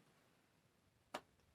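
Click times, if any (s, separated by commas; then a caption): 1.1 s. A threaded metal bicycle bottom bracket cup is turned backwards a little by hand to let it settle onto the frame shell threads. Apart from faint low background noise, a single short, sharp click sounds at 1.2 s as the cup jumps into engagement with the thread start. The cup is seated.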